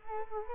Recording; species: mosquito wingbeat signal from an infrared sensor; Culex quinquefasciatus